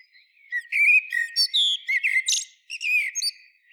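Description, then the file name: Common blackbird warbling: a continuous string of mellow fluty notes interleaved with thin, high squeaks and a short scratchy burst midway. "Turdus merula"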